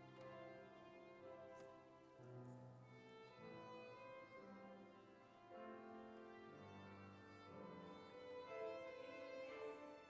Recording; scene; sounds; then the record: everyday scene through a hearing-aid microphone; reverberant space; music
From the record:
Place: church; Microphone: behind the ear, right, front